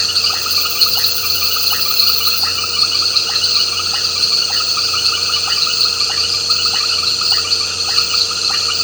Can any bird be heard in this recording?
no